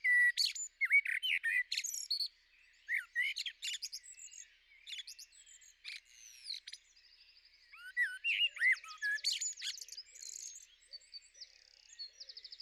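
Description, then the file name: Eurasian blackbird song: looping fluted warbles with bursts of high, squeaky twittering, phrases separated by short pauses, and a thin steady whistle near the end. "Merel"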